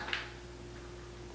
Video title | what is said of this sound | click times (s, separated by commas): Motovlog Setup - How I set up my helmet and handlebar mounts to record motovlogs | the wires just click right in here, and I get really great sound from this. | 0.1 s